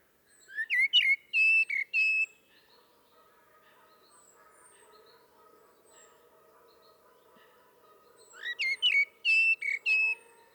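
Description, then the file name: Common blackbird singing two whistled, warbling phrases at the start and end, with a faint steady hum filling the gap between. "Turdus merula"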